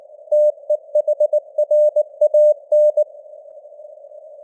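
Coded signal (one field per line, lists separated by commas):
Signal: Morse code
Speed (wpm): 19 wpm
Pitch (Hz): 600 Hz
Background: none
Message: TEHRAN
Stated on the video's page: Morse news headlines at 19 wpm with simulated radio noise and varying signal strength (QSB).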